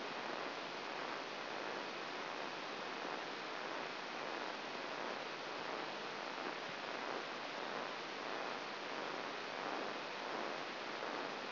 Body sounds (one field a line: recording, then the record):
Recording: brain microelectrode recording played as sound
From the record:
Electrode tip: outside the subthalamic nucleus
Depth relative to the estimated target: 6 mm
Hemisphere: right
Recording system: AlphaMap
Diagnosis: Parkinson's disease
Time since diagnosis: 11 years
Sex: male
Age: 66 years